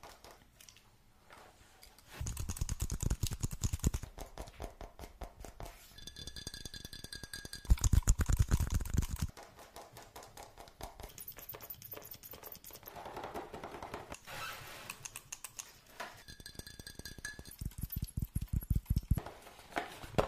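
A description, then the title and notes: Fast tapping runs almost the whole way, a dense stream of sharp clicks with thuds beneath. It starts quiet, grows heavier around 2 seconds, peaks near 8 seconds, then eases. Bright ringing tones surface briefly around 6, 11 and 17 seconds. Fast Tapping Deluxe Edition [Binaural Eargasm].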